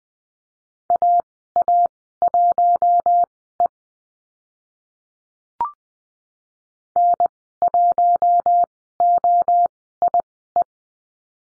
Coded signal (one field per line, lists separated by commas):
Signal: Morse code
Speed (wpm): 20 wpm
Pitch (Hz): 700 Hz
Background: none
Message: AA1E N1OIE